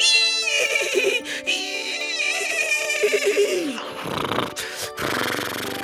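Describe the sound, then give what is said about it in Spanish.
A horse that was not properly tamed whinnies loudly in a long, quavering cry, its high pitch wavering and trembling before sliding downward, then breaking into rough snorting bursts at the end, as it bolts with a young man on its back. “Tan pronto como el caballo sintió al hombre sobre su lomo, se desbocó.”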